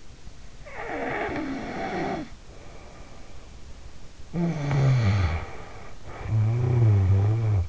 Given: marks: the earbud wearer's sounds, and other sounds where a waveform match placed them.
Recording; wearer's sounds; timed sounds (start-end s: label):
sounds in sleep by an in-ear microphone; snoring breath
0.64-3.73 s: snoring breath
4.20-7.68 s: snoring breath